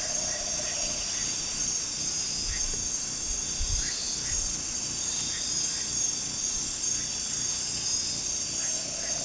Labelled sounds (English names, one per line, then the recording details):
none
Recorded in pastures near Puerto Asís, Putumayo, Colombia, on 18 December 2024 at 22:30
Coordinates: 0.466, -76.322
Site G040